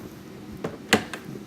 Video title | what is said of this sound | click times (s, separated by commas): Frigidaire Dishwasher Won’t Start—Ribbon Cleaning | so putting that back on push it down till it clicks | 0.9 s